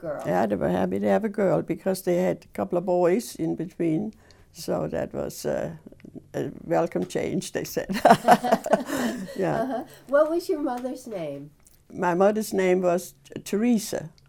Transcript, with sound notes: They were happy to have a girl, because they had a couple of boys in between, so that was a welcome change they said. (both laugh)
What was your mother's name?
My mother's name was Teresa.